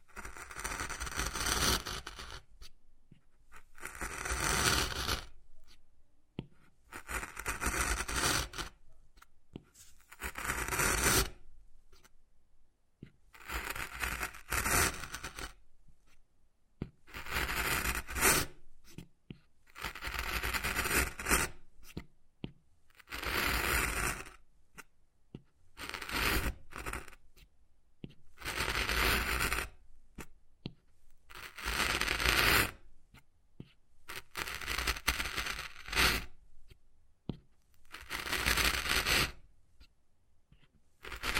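Wood carving sounds: repeated scraping and rasping strokes, each lasting a second or two, come roughly every two to three seconds with brief quiet gaps between them. The strokes are gritty and bright, swelling and fading, and the pattern stays steady for the whole clip.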